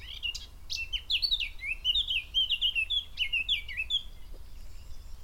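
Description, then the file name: Eurasian blackcap song: rich, fluty whistles in quick, looping descending phrases after a few sharp opening notes. "Sylvia atricapilla"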